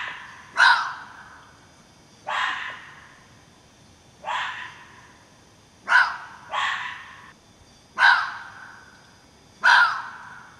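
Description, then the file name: Fox calls: seven rasping barks at uneven gaps of under one to about two seconds, two coming close together just after the middle. "renards"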